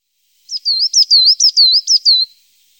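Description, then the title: Coal tit song: a fast series of high, thin, wavering two-part notes run together for about two seconds, clear and alone without other sounds. Recorded in Germany, Austria and Switzerland. "Tannenmeise"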